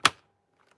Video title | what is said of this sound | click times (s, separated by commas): Knitting Machine live | You're going to hear it click and it's going to click back in a spot because this piece has shifted again. | 0.1 s